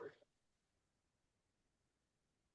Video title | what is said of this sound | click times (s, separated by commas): Zoom Creative Embellishment Attachment | it didn't click in place oh booger | none